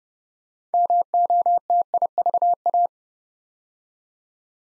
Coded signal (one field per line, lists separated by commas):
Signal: Morse code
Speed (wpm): 30 wpm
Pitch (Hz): 700 Hz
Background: none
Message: MOTIVA